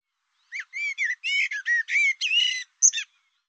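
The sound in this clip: Bird calling in a rapid run of short, harmonic, chirping notes that rise and fall, several within two and a half seconds, against a silent background.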